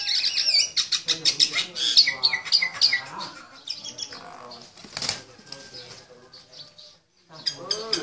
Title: Burung Jalak Nias Gacor Suara Super Gledek Untuk Masteran